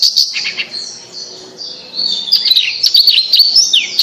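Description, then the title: Bird song of high warbling phrases with slurred, falling whistles and rapid chirps, fading in the middle then building again into quick repeated notes. "Kicau Burung Yoi"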